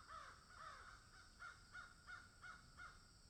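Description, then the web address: Crow giving a run of several harsh caws in quick succession, over a steady high-pitched background hiss. Crows cawing in a field. "Debarup Travel Films - Crows Caw in Field"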